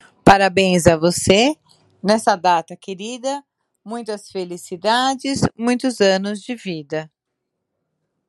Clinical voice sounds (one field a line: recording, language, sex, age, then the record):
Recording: short text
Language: Brazilian Portuguese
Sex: female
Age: 60 to 69 years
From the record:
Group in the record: control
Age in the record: 60 years